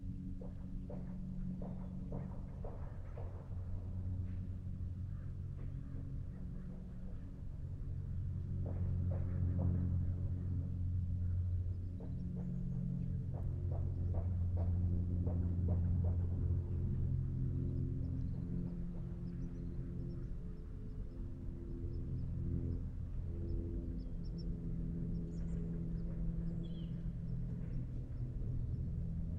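A low, steady rumble fills Tilden Regional Park, swelling midway, with scattered sharp clicks and faint, high chirps near the end.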